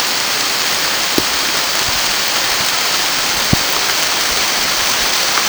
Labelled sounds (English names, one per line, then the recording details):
none
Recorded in pastures near Puerto Asís, Putumayo, Colombia, on 30 June 2025 at 15:30
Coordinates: 0.502, -76.324
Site G010